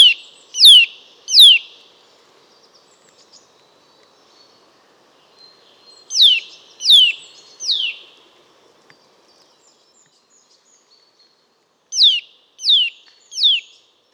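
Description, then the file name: Eurasian nuthatch call, sharp falling whistled notes in bursts of three, separated by pauses of several seconds, with faint high background chirps. "Sitta europaea"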